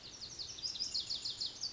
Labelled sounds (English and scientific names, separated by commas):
Lazuli Bunting (Passerina amoena)